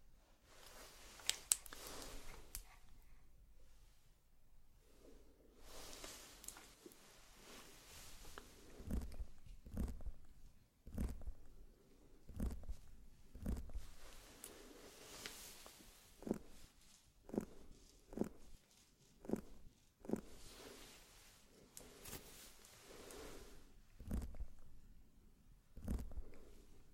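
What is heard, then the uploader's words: Makeup sounds with no talking: soft brushing and rustling swells in slow waves, broken by sharp taps and clicks every second or two, likely compacts and brushes. The clicks cluster between ten and twenty seconds, and a faint low hum sits underneath throughout. ASMR Doing Your Makeup , Pure Sounds , No Talking.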